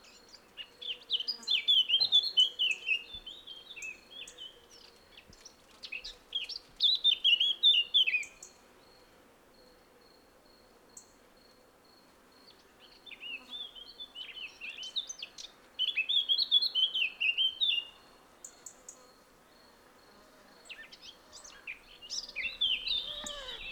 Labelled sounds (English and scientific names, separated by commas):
Eurasian Blackcap (Sylvia atricapilla) song